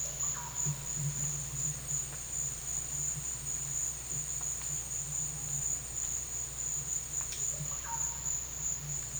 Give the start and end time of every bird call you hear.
0.24s-0.52s: bird call (0.7-2.1 kHz)
7.64s-8.02s: bird call (0.4-2.1 kHz)

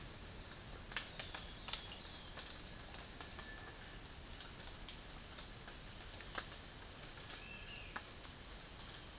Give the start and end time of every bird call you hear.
3.21s-4.04s: bird call (1.1-2.4 kHz)
7.23s-7.93s: bird call (1.8-3.4 kHz)

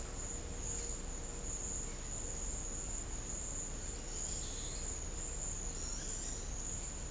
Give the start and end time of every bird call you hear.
3.89s-4.65s: bird call (3.0-6.1 kHz)
5.72s-6.43s: bird call (3.0-6.5 kHz)

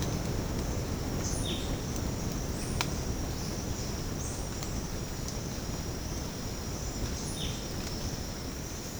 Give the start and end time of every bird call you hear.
1.23s-1.70s: bird call (1.5-8.2 kHz)
2.46s-2.99s: bird call (6.8-9.9 kHz)
4.23s-4.62s: bird call (5.7-10.1 kHz)
7.34s-7.67s: bird call (2.0-4.0 kHz)

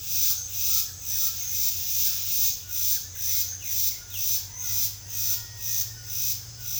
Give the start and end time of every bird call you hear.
2.13s-6.02s: bird call (0.8-2.9 kHz)

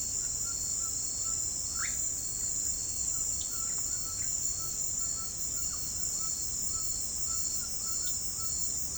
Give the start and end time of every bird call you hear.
0.28s-1.96s: bird call (1.1-2.7 kHz)
3.50s-8.97s: bird call (1.0-2.0 kHz)

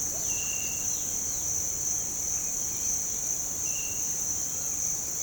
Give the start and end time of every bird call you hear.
0.18s-0.30s: bird call (2.4-5.8 kHz)
0.89s-1.00s: bird call (2.7-5.0 kHz)
1.26s-1.41s: bird call (3.0-5.6 kHz)

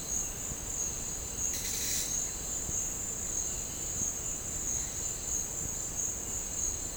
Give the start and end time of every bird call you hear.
1.50s-2.06s: bird call (1.5-6.0 kHz)
3.39s-4.10s: bird call (1.9-5.0 kHz)
4.68s-5.50s: bird call (1.8-5.0 kHz)

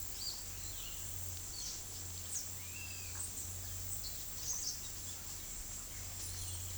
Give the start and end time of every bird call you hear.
0.00s-6.77s: bird call (0.7-11.4 kHz)

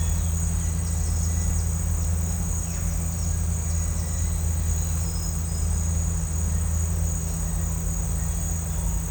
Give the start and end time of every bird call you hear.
0.08s-0.27s: bird call (3.2-6.4 kHz)
0.74s-1.66s: bird call (4.3-6.9 kHz)
1.94s-2.11s: bird call (4.5-6.5 kHz)
2.67s-3.31s: bird call (4.3-7.0 kHz)

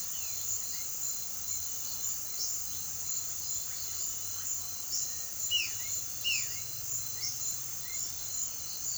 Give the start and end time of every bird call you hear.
6.20s-6.51s: bird call (1.5-3.9 kHz)
7.06s-8.07s: bird call (1.7-2.5 kHz)

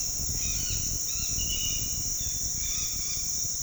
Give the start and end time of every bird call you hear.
0.00s-3.29s: bird call (1.0-4.7 kHz)

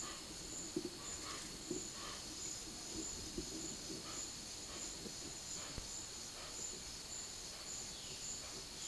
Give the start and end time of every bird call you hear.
1.22s-2.26s: bird call (0.5-4.9 kHz)

